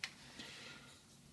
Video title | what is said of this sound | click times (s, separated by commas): How to Install Slavens EZ Clips | and get it in position you heard it just click just then so I know it's in this groove | 0.0 s